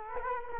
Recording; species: mosquito wingbeat signal from an infrared sensor; Culex quinquefasciatus